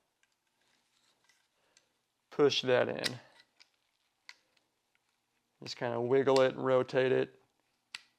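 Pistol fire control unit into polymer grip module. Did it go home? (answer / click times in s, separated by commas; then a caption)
yes / 8.0 s. A pistol fire control unit is wiggled, rotated and pushed into a polymer full-size grip module for a Ruger/Magpul RXM while someone talks, with faint small ticks in between. A sharp snap at 8.0 s marks the unit seating in place.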